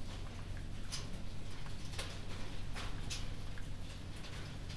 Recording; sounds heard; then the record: poultry house recording; no chicken sound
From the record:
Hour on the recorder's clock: 22